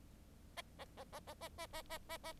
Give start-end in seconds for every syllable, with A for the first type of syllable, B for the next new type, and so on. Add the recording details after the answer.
0.56-0.62 A, 0.78-0.85 A, 0.97-1.04 A, 1.12-1.20 A, 1.27-1.34 A, 1.41-1.49 A, 1.58-1.67 A, 1.73-1.82 A, 1.90-1.98 A, 2.09-2.17 A, 2.23-2.33 A. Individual Bird4